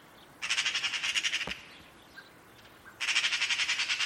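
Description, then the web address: Bird sounding two bursts of rapid, grating pulsed notes separated by a pause of over a second. "Bird Only More Classes Pi Pi Pi Pi"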